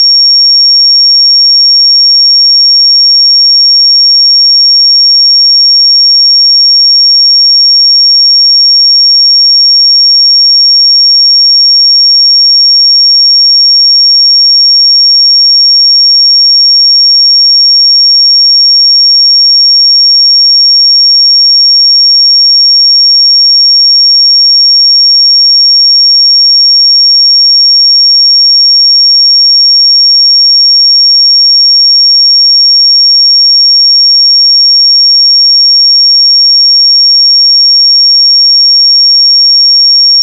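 A pure 5537 Hz sine tone holds perfectly steady and bright for the whole clip, unchanging in pitch and loudness, with nothing else audible.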